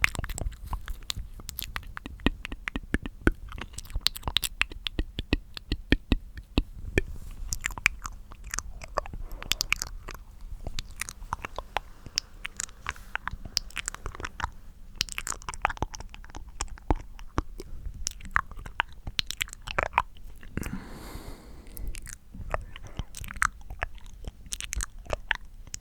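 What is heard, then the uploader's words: Mouth sounds made of rapid, crisp clicks and wet smacks that fire densely and irregularly for the whole stretch, some sharp and bright like crunching or biting. Around the twenty-one second mark a soft breathy hiss briefly takes over, under a faint steady low hum. ASMR The MOST Tingly MOUTH Sounds.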